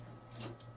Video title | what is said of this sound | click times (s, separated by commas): Pt 7 -Loading Laminate | snap it in place | 0.4 s